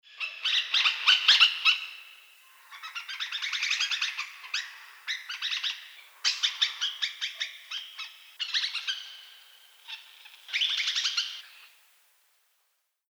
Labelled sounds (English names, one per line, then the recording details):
Kinkajou
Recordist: Tembrock, Günter
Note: Laute im agonistischen Verhalten